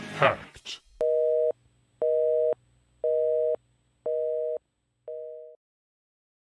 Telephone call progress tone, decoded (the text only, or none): busy tone